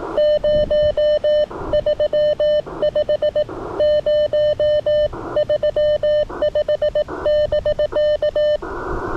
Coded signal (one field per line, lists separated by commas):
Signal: Morse code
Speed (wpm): 18 wpm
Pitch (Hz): 600 Hz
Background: none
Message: 035 035<BK>